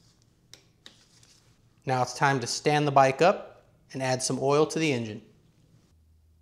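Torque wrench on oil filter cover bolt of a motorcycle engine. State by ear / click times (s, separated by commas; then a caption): torque reached / 0.5 s, 0.9 s. A click-type torque wrench tightens the oil filter cover bolts, worked in a cross pattern, on a 2024 KTM 500 EXC-F motorcycle engine. Sharp clicks at 0.5 s and 0.9 s mark the wrench reaching its setting. Someone then talks.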